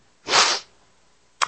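A sudden, loud, hissing burst of air lasting about a third of a second, followed by quiet, then the start of another burst at the very end. These are repeated sneezes from an adult man with allergies that returned after he thought they had gone away, the reflex expulsion of air through the nose and mouth.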